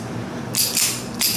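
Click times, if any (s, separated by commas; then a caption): none. The steel slide of a 1911 pistol is cycled by hand on its frame, and the barrel drops out as the slide moves back. Short bursts of bright metallic sliding noise are heard around 0.6, 0.8 and 1.2 seconds over a low background. Nothing has seated or clicked yet, and the slide and barrel have not returned into battery.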